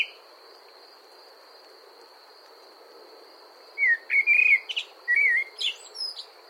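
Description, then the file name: Common blackbird song: after a quiet spell, a fluted warble rises into scratchy high twittering notes, with a steady high-pitched hum throughout. "Turdus merula"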